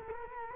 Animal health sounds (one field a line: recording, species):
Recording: mosquito wingbeat signal from an infrared sensor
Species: Culex quinquefasciatus